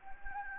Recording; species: mosquito wingbeat signal from an infrared sensor; Anopheles gambiae